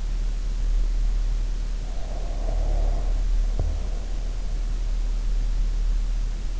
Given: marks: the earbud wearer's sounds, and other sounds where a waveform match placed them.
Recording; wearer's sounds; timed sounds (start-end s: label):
sounds in sleep by an in-ear microphone; breath
1.94-4.36 s: breath